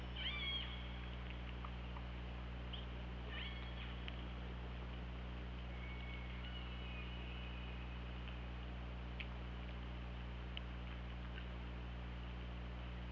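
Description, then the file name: Killer whale pulsed calls, a few harmonic upswept and level tones spaced several seconds apart, faint over steady low underwater hum and hiss. Recorded by hydrophone on 24 August 2017 at 21:22. "Orca Lab"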